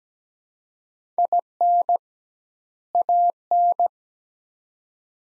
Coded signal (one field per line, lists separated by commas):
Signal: Morse code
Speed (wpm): 17 wpm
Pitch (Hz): 700 Hz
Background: none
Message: IN AN